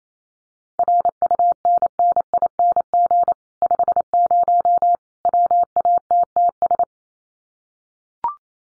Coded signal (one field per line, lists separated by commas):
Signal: Morse code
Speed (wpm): 28 wpm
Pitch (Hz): 700 Hz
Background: none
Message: RUNNING 50 WATTS